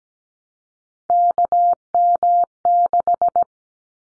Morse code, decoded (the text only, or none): KM6